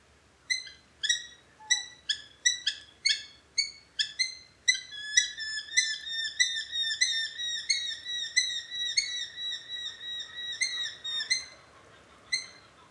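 Eurasian hobby calls: a rapid series of shrill, whistled notes repeated in quick succession, becoming a continuous chattering run midway before stopping abruptly.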